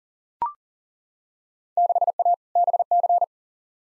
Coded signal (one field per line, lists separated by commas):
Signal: Morse code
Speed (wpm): 40 wpm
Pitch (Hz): 700 Hz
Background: none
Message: 6A BC